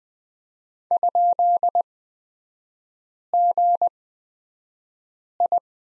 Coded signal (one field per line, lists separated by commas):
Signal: Morse code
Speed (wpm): 20 wpm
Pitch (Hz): 700 Hz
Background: none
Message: ?GI